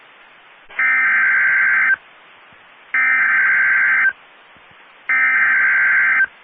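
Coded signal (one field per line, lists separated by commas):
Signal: Emergency Alert System (SAME) tones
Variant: header bursts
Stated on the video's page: Severe Thunderstorm Warnings received from NOAA Weather Radio station in Amarillo, Texas.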